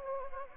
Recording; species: mosquito wingbeat signal from an infrared sensor; Anopheles gambiae